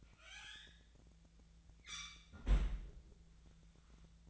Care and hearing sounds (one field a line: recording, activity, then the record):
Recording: daily activity, microphone in the room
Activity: close fridge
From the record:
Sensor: 3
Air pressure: 1009.6 hPa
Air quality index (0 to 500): 195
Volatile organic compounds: 16 ppm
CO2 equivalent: 2532 ppm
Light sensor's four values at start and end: 32/80/34/36 and 33/81/35/37